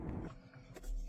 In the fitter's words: You'll hear two definite clicks once it's back into place where it should be.